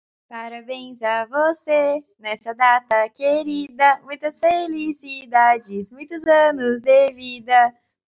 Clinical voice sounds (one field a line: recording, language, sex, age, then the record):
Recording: short text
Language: Brazilian Portuguese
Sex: female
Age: 20 to 29 years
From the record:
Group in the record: control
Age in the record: 22 years